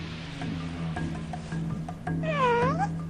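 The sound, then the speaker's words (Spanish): Three-week-old wolf pups join their parents' daily howl: a high, wavering whine swells and bends downward toward the end, preceded by a few faint short yips over a steady low hum. “En su hábitat natural, los cachorros de 3 semanas unen sus voces al aullido diario de sus padres.”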